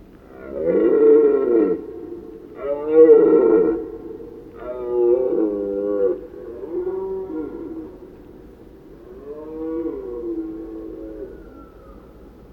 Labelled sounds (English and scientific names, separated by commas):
Red Deer (Cervus elaphus) call